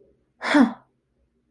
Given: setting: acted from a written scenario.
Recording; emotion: vocal sound without words; contempt